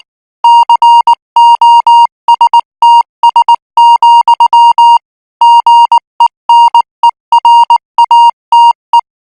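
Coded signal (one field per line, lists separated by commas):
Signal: Morse code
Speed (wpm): 19 wpm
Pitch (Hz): 940 Hz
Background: music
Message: COSTS, GENERATE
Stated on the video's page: Morse training signal for international radio signals at 18 words per minute.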